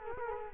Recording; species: mosquito wingbeat signal from an infrared sensor; Culex quinquefasciatus